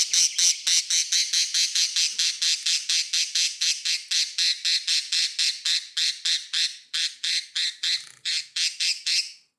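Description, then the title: Budgerigar giving rapid, rasping squawk notes, about four per second, in a continuous buzzy chatter that fades at the end. "Budgie Sounds"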